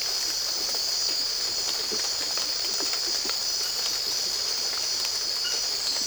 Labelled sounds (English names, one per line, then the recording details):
none
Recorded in secondary vegetation near Puerto Asís, Putumayo, Colombia, on 8 March 2025 at 04:30
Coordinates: 0.488, -76.319
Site G095